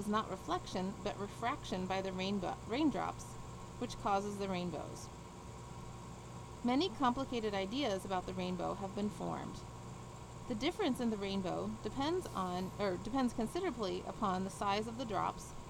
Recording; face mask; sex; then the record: reading aloud; surgical mask; female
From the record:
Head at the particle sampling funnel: tilted down, bridge of the nose in front of it